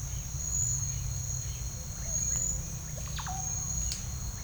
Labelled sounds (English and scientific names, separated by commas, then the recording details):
unidentified bird, Russet-backed Oropendola (Psarocolius angustifrons)
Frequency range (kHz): unidentified bird 0.5-3.6 kHz; Russet-backed Oropendola (Psarocolius angustifrons) 0.5-4.9 kHz
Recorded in secondary vegetation near Puerto Asís, Putumayo, Colombia, on 18 December 2024 at 07:00
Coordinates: 0.499, -76.323
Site G010